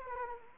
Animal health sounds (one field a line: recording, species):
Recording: mosquito wingbeat signal from an infrared sensor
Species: Anopheles arabiensis